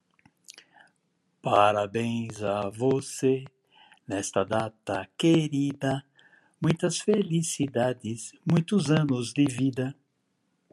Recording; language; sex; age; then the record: short text; Brazilian Portuguese; male; 60 to 69 years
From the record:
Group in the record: control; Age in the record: 67 years